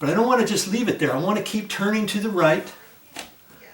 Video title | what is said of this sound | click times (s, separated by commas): Man Says He Can't Install Battery Operated Smoke Detector Then Does It Anyway | and I can there's little notches on the inside and I can feel it click it'll go click click click | 3.2 s